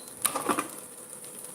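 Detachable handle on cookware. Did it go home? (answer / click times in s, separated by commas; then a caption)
released / 0.3 s. A detachable handle on a pan or pot is removed and releases with a sharp click at 0.3 s. A few softer clicks and rattles follow around 0.5 to 0.6 s, and then it goes quiet. The handle comes off.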